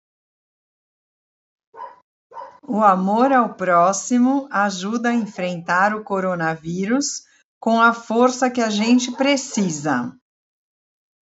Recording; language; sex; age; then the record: spoken sentence; Brazilian Portuguese; female; 50 to 59 years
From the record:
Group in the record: control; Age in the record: 55 years